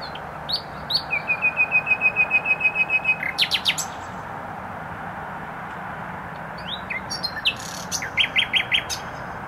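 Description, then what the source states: Nightingale delivering a long, level series of identical piping notes, then a harsh rattle and later scattered buzzy chirps, with a steady traffic rumble underneath. Singing in bushes close to a noisy motorway, Trasa Toruńska, Bródno-Podgrodzie, Warsaw, Poland; recorded with an Olympus LS-11.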